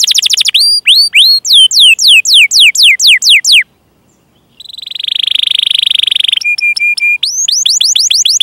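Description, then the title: Canary song: upswept and downswept whistled notes, a pause, a buzzy rolling trill, repeated chip notes, then fast rising notes. Gacor (vigorously singing) canary song with the finest cengkok (song phrasing) and richest isian (song fill), for bird-song training. "Kenari Gacor Cengkok Terbaik Isian Paling Mewah Kenari"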